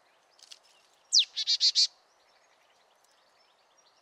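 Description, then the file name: Marsh tit calling a sharp, falling high note and then three harsh, buzzy notes in quick succession. A faint earlier chirp precedes it, and another sharp note begins at the end. "Poecile palustris"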